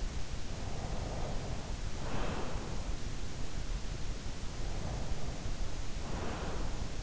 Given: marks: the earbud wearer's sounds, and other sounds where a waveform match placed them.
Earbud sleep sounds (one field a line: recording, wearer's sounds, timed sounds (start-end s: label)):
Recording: sounds in sleep by an in-ear microphone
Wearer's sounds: breath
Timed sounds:
0.49-2.72 s: breath
4.52-7.03 s: breath